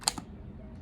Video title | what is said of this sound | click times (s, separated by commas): FENTY SKIN UNBOXING!!! -WATCH IN HD - IT'S SEANOLAY | i heard the click then you twist the bottom and this part will go in | 0.1 s